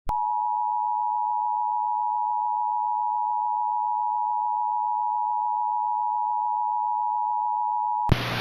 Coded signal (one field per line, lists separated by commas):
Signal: Emergency Alert System (SAME) tones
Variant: 853 and 960 Hz attention tone